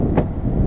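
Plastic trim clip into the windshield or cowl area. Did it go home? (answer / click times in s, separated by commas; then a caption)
yes / 0.2 s. A plastic trim clip in the windshield or cowl area of a 2009 Chevy Traverse is pushed on a little during the windshield install until it clicks into place. The click lands at 0.2 s as a short, brighter snap over steady low rumble and wind-like noise. The trim piece is seated.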